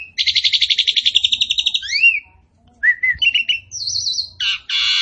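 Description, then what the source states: Asian pied starling song opening with a fast rattling trill, then rising whistles, wavering high notes and a harsh buzzy ending. Full song with complete fill-in repertoire.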